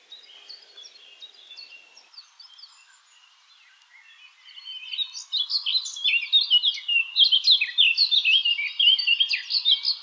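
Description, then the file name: Eurasian blackcap song, quiet muttered warbling for several seconds, then a loud, rich run of fluty whistled notes to the end. "Sylvia atricapilla"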